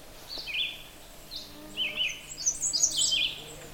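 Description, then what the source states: American Redstart song: a few short high phrases, then a denser run of very high notes. Wild bird singing erratically, switching song types, over a continuously singing red-eyed vireo near ripe wild elderberry; black, orange and white bird.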